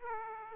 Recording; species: mosquito wingbeat signal from an infrared sensor; Aedes aegypti